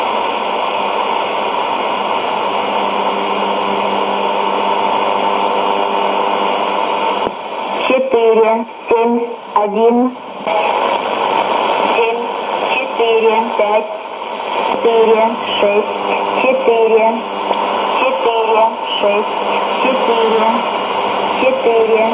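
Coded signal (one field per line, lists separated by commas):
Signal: numbers station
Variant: S06s, Russian female voice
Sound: shortwave hiss, then a woman's voice reading short words in groups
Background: radio static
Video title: 19 04 2017 Numbers station S06s Russian Lady in Russian to Eu 0830 on 9082, 9255, 11530 unknown tx s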